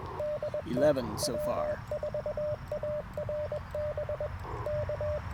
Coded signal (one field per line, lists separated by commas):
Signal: Morse code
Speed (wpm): 21 wpm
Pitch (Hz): 600 Hz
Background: speech, radio noise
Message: DT W4ARB K